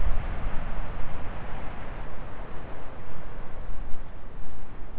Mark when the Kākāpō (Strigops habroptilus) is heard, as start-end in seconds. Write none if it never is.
none